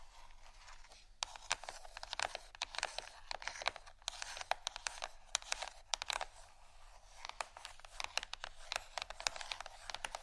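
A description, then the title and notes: Dry scratching and tapping, dense bursts of bright strokes and clicks in irregular clusters throughout, steady low hum underneath. ASMR Textures Scratching & Tapping (No Talking).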